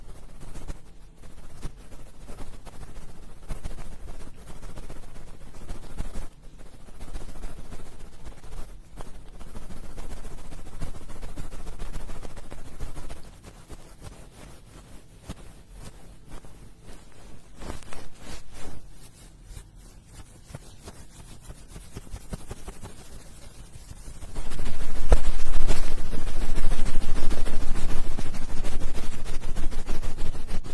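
Ear picking and massage: soft scratchy rubbing with sharp clicks and brief pauses, turning to a louder, denser rumbling rub from about 25 seconds.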